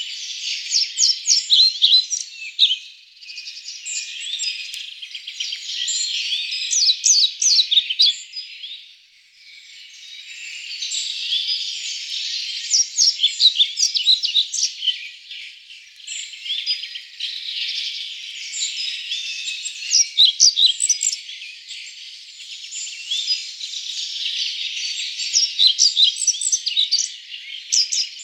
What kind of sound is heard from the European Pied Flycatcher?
song